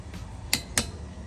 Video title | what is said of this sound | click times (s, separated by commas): Going Back To Stock! (Wire Showing) | Just like that. Until you hear a click. | 0.5 s, 0.8 s